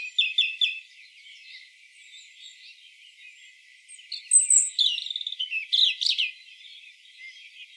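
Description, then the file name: European robin song: a quick run of high twittering notes, a pause, then a longer jumble of thin whistles, trills and sharp high squeaks. "Erithacus rubecula"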